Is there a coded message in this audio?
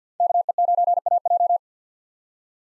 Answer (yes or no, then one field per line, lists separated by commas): yes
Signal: Morse code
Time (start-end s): 0.2-1.6 s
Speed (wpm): 50 wpm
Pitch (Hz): 700 Hz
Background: none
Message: KE9AJ